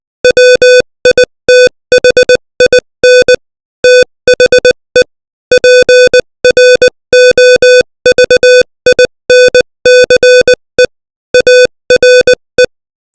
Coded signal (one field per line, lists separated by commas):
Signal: Morse code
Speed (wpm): 20 wpm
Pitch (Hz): 500 Hz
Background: music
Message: WITHIN THE PROVINCE ARE